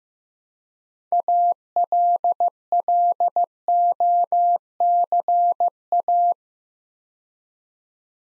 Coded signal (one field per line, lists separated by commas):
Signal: Morse code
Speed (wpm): 15 wpm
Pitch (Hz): 700 Hz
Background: none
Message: ALLOCA